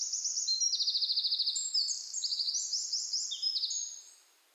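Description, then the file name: Eurasian wren song: a loud, very high, rapid run of trilled and rattling notes that changes pitch in steps and continues for about four seconds before stopping. "Troglodytes troglodytes"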